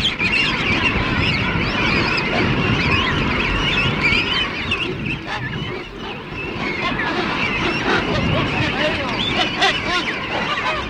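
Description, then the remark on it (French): A dense colony chorus of king penguins, adults and chicks calling at once: overlapping honking and trilling cries, some higher and wavering, others deeper, steady and loud throughout with no pauses. “Écoutez bien ces cris bizarres où la voix des jeunes se distingue nettement de celle des adultes.”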